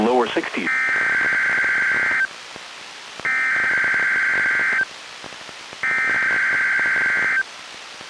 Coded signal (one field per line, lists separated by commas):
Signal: Emergency Alert System (SAME) tones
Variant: header bursts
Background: speech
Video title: EAS #1013-1016: 1 NWR and 3 EAS Required Monthly Tests- Oct. 17, 2024- 10:16AM PDT